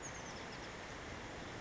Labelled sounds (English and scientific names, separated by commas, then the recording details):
Oak Titmouse (Baeolophus inornatus)
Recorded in Sonoma County, California